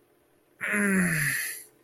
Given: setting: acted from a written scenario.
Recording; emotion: vocal sound without words; pain